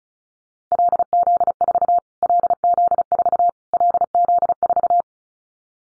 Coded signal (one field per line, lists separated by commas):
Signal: Morse code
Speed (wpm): 34 wpm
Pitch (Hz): 700 Hz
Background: none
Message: LZ4 LZ4 LZ4